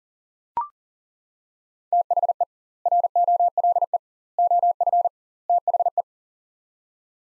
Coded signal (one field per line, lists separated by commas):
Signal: Morse code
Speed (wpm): 40 wpm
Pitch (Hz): 700 Hz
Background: none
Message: THE ROLE OF THE